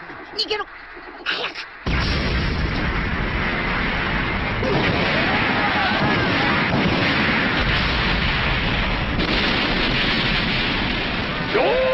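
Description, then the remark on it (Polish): Heavy artillery cannon fire during an army's charge in the animated show Dragon Ball Kai erupts after a brief quieter opening and keeps up as a dense, continuous roar of overlapping booms and blasts, loud and unbroken to the end. “Działa plunęły ognie.”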